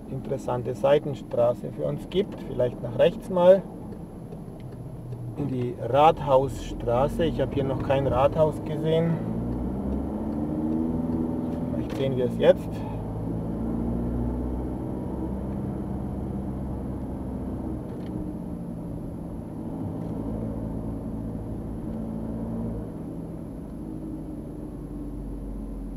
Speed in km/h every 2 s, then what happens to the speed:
22, 22, 13, 11, 20, 30, 32, 38, 36, 32, 32, 33, 28.
2-6 slows to 11. 6-14 speeds up to 38. 14-22 steady at about 33.